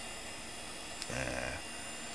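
A brief half-second low, tonal gurgling rumble over faint steady hiss: an audible stomach growl (borborygmi) from an adult, occurring just after eating, ordinarily harmless.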